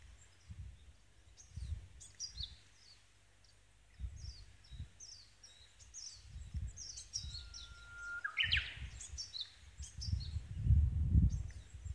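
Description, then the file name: Japanese bush warbler: songbird phrase: a long, steady whistled note sliding into a quick rising flourish, amid other birds' high chirps and low rumbling thumps. Zenzanji temple, May 5. "５月５日前山寺ウグイス"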